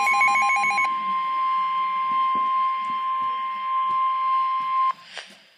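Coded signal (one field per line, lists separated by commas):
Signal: Emergency Alert System (SAME) tones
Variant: 1050 Hz attention tone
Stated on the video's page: NOAA weather radio alerts, five received back to back; one unrecognized warning is actually a flood warning.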